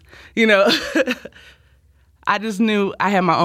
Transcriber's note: laughter